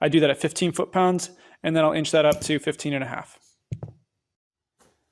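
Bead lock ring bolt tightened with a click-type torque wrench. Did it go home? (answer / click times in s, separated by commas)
yes / 3.7 s, 3.8 s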